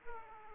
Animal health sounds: mosquito wingbeat signal from an infrared sensor; Aedes aegypti

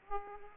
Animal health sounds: mosquito wingbeat signal from an infrared sensor; Aedes aegypti

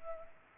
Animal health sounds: mosquito wingbeat signal from an infrared sensor; Culex pipiens

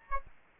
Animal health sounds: mosquito wingbeat signal from an infrared sensor; Aedes albopictus

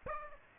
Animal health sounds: mosquito wingbeat signal from an infrared sensor; Aedes aegypti

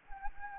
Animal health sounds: mosquito wingbeat signal from an infrared sensor; Anopheles gambiae

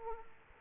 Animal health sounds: mosquito wingbeat signal from an infrared sensor; Aedes aegypti

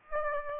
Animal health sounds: mosquito wingbeat signal from an infrared sensor; Aedes aegypti

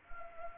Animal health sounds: mosquito wingbeat signal from an infrared sensor; Anopheles arabiensis

